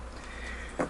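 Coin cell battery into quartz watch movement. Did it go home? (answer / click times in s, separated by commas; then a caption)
yes / 0.8 s. A coin cell battery is pressed down with a cloth into the Swiss Ronda 715 quartz movement of a Victorinox Dive Master 500 241039 watch while the retaining lever is moved over. Against a quiet, steady low background, a single sharp snap is heard at 0.8 s as the battery seats in the movement.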